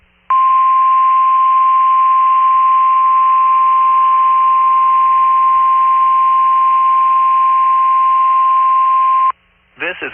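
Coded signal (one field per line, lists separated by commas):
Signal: Emergency Alert System (SAME) tones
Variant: 1050 Hz attention tone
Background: speech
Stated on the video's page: Live stream.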